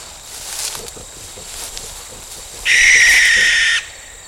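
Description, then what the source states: Barn owl giving a single loud, harsh hissing screech lasting about a second, after quiet background hiss with faint rustles. Adult parent, likely the mother, warning intruders within 40 yards of her juvenile owlets; 11 p.m., field ringed by evergreens, full moon.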